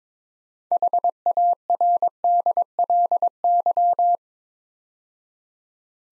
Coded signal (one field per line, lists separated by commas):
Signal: Morse code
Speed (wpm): 23 wpm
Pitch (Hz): 700 Hz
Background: none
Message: HARDLY